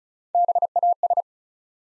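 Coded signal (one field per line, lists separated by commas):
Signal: Morse code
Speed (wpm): 36 wpm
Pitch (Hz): 700 Hz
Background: none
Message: BAS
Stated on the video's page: Morse practice building 9-letter words three letters at a time at 35 wpm, for ICR training.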